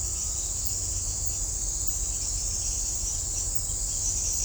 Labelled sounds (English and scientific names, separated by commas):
none